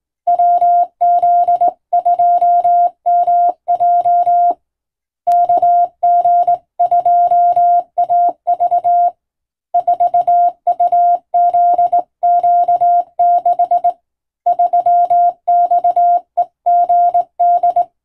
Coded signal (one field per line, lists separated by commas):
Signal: Morse code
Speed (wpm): 20 wpm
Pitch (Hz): 700 Hz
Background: none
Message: WZ2MJ KG2AV 4UZQ6 3XEGD